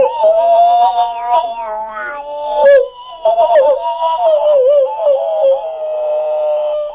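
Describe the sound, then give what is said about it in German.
A person imitates the high-voiced howling of coyotes in the Rockies at sunset, a sustained, high, wavering wail that swoops and trembles, pauses briefly, then rises again into warbling, yipping tones for several seconds. “Und dann fangen die Steppenwölfe an zu singen, die Kojoten. Und die haben eine ganz hohe Stimme.”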